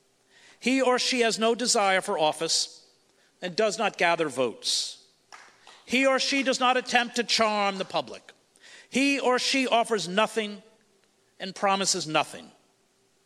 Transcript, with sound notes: he or she has no desire for office, and does not gather votes.
[single clap]
He or she does not attempt to charm the public. He or she offers nothing and promises nothing.